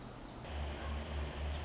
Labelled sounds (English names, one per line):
Pacific Wren